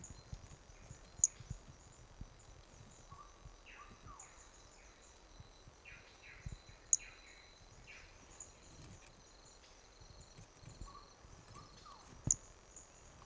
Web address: 2021 MHNCI Brachy hermogenesi Trilha do Ipiranga ind 2 three starting notes lost